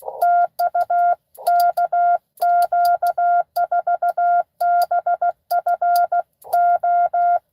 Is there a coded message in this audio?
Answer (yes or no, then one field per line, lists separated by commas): yes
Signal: Morse code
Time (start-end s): 0.2-7.4 s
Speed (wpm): 16 wpm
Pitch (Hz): 700 Hz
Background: none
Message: TU KQ4BFO